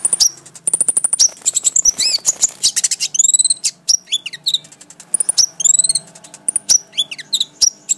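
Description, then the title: Oriental magpie-robin song: varied high whistles, downward slurred notes and fast buzzy trills alternating in quick succession, with steady rapid ticking between phrases. "Kicau Kacer"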